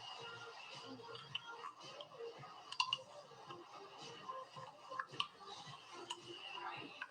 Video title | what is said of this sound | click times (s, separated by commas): Dr. Ankur Gupta on Implant Overdentures | There, I heard the snap. | 2.8 s, 5.2 s